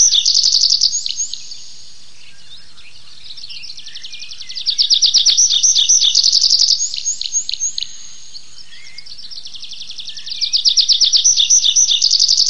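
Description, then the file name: Tree pipit singing in bursts of quick, dry repeated notes, separated by quiet gaps of a few seconds. "lesnoj konek anthus trivialis"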